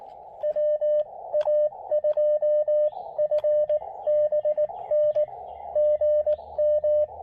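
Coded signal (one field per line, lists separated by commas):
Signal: Morse code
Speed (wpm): 18 wpm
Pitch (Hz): 590 Hz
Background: radio noise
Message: WA2FBN GM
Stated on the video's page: Spring 2022 park activation with an Elecraft KX2 and a Chameleon MPAS Lite antenna at New River State Park.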